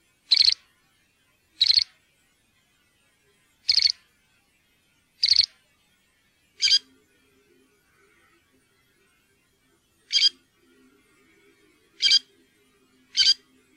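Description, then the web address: Great grey shrike giving short, harsh, rasping calls, repeated at uneven intervals of one to three seconds with a longer pause midway; otherwise quiet. "fuglelyder- varsler"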